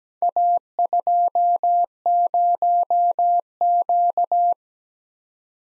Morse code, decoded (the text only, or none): A20Q